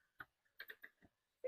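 A torque wrench set to 25 Nm tightens a mounting bolt on the base of an Altoo car-boot hoist, producing a series of sharp ticks around 0.2, 0.6, 0.7 and 0.8 s, a softer one near 1.0 s, and another loud knock at the very end. The wrench's release click comes at 0.6 s among these ticks, confirming the bolt is tightened to 25 Nm.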